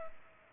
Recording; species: mosquito wingbeat signal from an infrared sensor; Culex pipiens